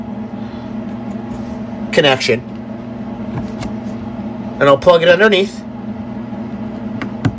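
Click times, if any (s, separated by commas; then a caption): none. An applicator cable connector is handled and brought to the underside port of a Zeus PEMF therapy device, over a steady low hum while someone talks. A few brief, faint ticks occur around 3.4, 7.0 and 7.3 seconds, but the connector has not seated or clicked into the port yet.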